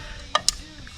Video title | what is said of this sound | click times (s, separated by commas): Building the ultimate family tourer (300 series Toyota LandCruiser) | Click. Make sure it clicks. | 0.5 s